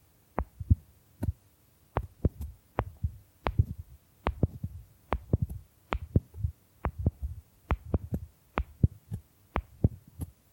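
Bamboo tapped in a fairly regular rhythm, sharp hollow knocks roughly twice a second over soft low scraping and brushing between strikes.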